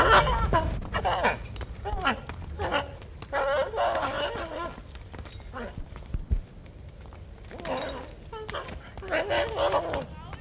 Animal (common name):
Père David's Deer